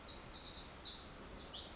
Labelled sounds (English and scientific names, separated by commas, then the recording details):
Pacific Wren (Troglodytes pacificus)
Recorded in Sonoma County, California